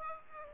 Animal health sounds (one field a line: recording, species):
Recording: mosquito wingbeat signal from an infrared sensor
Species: Aedes aegypti